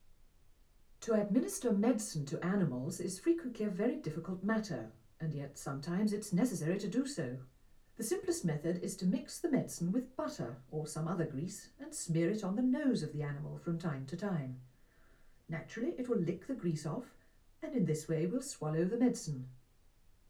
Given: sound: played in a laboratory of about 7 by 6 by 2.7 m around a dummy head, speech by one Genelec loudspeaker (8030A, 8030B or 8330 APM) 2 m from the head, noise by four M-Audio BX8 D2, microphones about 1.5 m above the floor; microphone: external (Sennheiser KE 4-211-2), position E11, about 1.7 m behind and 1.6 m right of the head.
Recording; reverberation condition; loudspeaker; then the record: female speech in English; low; in front (0 degrees)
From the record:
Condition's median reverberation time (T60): about 310 ms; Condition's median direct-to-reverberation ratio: about 3.5 dB